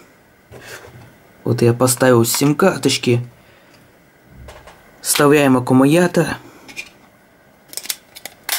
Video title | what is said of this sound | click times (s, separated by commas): Обзор телефона Alcatel 2053D | заднюю крышку до щелчка смотрим | 7.8 s, 7.9 s, 8.3 s